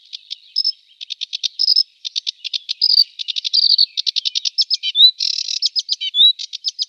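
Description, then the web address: Sedge warbler song: rapid churring notes in quick series mixed with short whistles and harsher rattles, varied and continuous throughout. "Schulze Peter Sedge Warbler"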